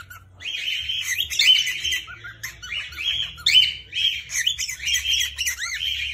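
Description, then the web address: Cockatiel giving repeated piercing squawks and raspy screeches one after another, with some rising and falling notes mixed in. Screams of a female and a male cockatiel. "صدای-جیغ-عروس-هلندی-ماده-و-نر"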